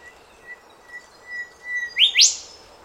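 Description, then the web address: Bird calls: faint steady tones near one pitch, then two quick rising, bright chirps that climb sharply at the end, over a low hiss of background noise. Australia; species unknown. "Sound Effects-Foundation 1 BIRD AUSTRALIAN UNKNOWN CALL"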